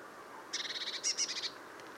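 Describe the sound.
Eurasian blue tit call: a quick burst of about a dozen harsh, buzzy chattering notes lasting about one second, over faint background hiss.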